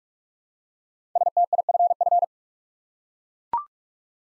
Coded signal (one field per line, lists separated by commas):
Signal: Morse code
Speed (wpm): 44 wpm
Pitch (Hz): 700 Hz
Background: none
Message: STIFF